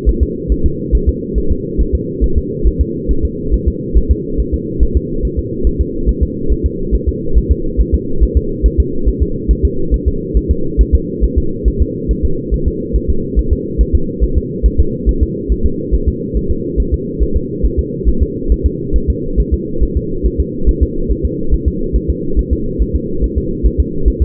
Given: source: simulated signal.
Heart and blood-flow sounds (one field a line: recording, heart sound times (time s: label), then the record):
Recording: fetal heart sounds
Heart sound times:
0.09 s: S1
0.23 s: S2
0.52 s: S1
0.66 s: S2
0.95 s: S1
1.09 s: S2
1.38 s: S1
1.52 s: S2
1.81 s: S1
1.95 s: S2
2.24 s: S1
2.38 s: S2
2.67 s: S1
2.81 s: S2
3.11 s: S1
3.25 s: S2
3.54 s: S1
3.68 s: S2
3.97 s: S1
4.11 s: S2
4.40 s: S1
4.54 s: S2
4.83 s: S1
4.97 s: S2
5.25 s: S1
5.39 s: S2
5.67 s: S1
5.81 s: S2
6.09 s: S1
6.23 s: S2
6.52 s: S1
6.66 s: S2
6.95 s: S1
7.09 s: S2
7.38 s: S1
7.51 s: S2
7.81 s: S1
7.94 s: S2
8.23 s: S1
8.37 s: S2
8.66 s: S1
8.80 s: S2
9.09 s: S1
9.22 s: S2
9.51 s: S1
9.65 s: S2
9.94 s: S1
10.08 s: S2
10.37 s: S1
10.51 s: S2
10.81 s: S1
10.95 s: S2
11.24 s: S1
11.38 s: S2
11.68 s: S1
11.82 s: S2
12.11 s: S1
12.25 s: S2
12.54 s: S1
12.68 s: S2
12.96 s: S1
13.10 s: S2
13.39 s: S1
13.53 s: S2
13.81 s: S1
13.95 s: S2
14.24 s: S1
14.38 s: S2
14.66 s: S1
14.80 s: S2
15.09 s: S1
15.23 s: S2
15.52 s: S1
15.66 s: S2
15.94 s: S1
16.08 s: S2
16.37 s: S1
16.51 s: S2
16.80 s: S1
16.94 s: S2
17.23 s: S1
17.37 s: S2
17.65 s: S1
17.79 s: S2
18.09 s: S1
18.22 s: S2
18.52 s: S1
18.66 s: S2
18.96 s: S1
19.10 s: S2
19.40 s: S1
19.54 s: S2
19.83 s: S1
19.97 s: S2
20.26 s: S1
20.40 s: S2
20.69 s: S1
20.83 s: S2
21.11 s: S1
21.25 s: S2
21.54 s: S1
21.68 s: S2
21.96 s: S1
22.10 s: S2
22.39 s: S1
22.53 s: S2
22.82 s: S1
22.96 s: S2
23.24 s: S1
23.38 s: S2
23.66 s: S1
23.80 s: S2
24.08 s: S1
24.22 s: S2
From the record:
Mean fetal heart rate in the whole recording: 140 bpm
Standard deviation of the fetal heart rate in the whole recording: 2 bpm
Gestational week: 34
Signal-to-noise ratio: -8.1 dB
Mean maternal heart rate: 72 bpm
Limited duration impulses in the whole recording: absent